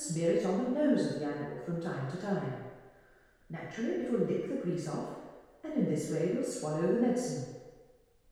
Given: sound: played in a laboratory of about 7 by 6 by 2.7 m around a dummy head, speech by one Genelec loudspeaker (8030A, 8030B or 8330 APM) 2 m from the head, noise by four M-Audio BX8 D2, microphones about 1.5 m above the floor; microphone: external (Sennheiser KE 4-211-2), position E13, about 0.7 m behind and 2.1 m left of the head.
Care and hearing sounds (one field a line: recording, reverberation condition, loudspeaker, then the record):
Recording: female speech in English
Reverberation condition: high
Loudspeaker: 150 degrees to the left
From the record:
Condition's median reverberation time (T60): about 1300 ms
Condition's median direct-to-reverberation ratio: about -4.0 dB